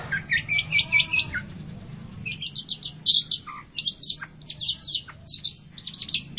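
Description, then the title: Long-tailed shrike song, an opening series of quick repeated chips, then varied scratchy and whistled phrases, with a low hum throughout. "Cendet Pentet"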